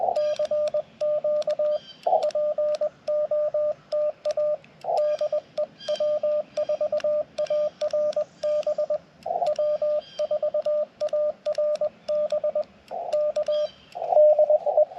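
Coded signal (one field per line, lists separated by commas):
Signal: Morse code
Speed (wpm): 21 wpm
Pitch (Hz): 600 Hz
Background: radio noise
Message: CQ POTA DE W4ARB W4ARB K DE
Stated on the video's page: CW Parks on the Air activation with a Yaesu FT-891, Chelegance MC-750 antenna and Bamatech TP-III paddle; many keying mistakes until switching to the Elecraft KX2 keyer.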